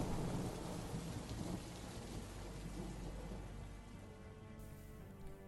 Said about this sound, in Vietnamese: ngoài trời tiếng sấm nổ đi đùng. Từng tia chớp sáng lòa rực lên, rồi sau đó là một màn mưa dày đặc chút xuống.